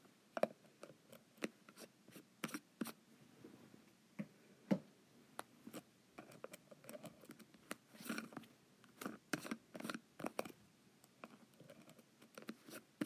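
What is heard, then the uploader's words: A lid is unscrewed, heard as a series of short dry clicks and scrapes. The ticks come irregularly through the whole stretch, clustering into quicker bursts around the middle and later on, with brief pauses between turns. ASMR Lid Unscrewing.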